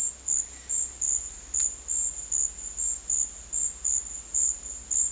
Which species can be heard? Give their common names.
none